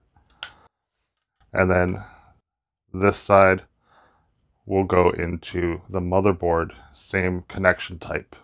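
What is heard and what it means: A SATA cable connector is unplugged from a 2.5 inch SSD by pressing down on its metal quick-release clip, which gives a sharp click at 0.4 s as it unlatches and releases. Someone then talks for the rest of the clip.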